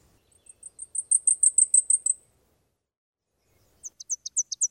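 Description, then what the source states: Warbler songs: a very high, thin series of ticking notes that speeds up and grows louder into a steady trill, then a short run of sharp, high down-slurred notes. Songs of bay-breasted, blackpoll and Tennessee warblers; species breeding mainly in Canada or the northern United States, wintering in Central and South America, migrating twice a year.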